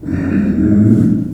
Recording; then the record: squeal of a Yucatan mini pig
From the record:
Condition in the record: after surgery on the right vocal fold (resection and tissue-engineered implant); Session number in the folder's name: 5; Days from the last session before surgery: 33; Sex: female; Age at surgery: 19 weeks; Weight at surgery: 25 kg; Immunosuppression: prednisolone